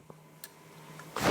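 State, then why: Seated. A spring and bolt are fitted into the automatic cam chain tensioner of a Royal Enfield 350 engine (Meteor, Hunter and Classic Reborn, with a performance camshaft) to set it. A sharp, bright click sounds at 0.4 s against a low hum, followed by fainter ticks and a louder rustling burst at the end. The tensioner is seated.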